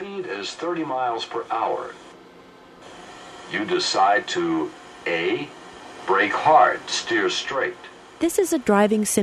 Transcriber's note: sound effect: video of a driving simulation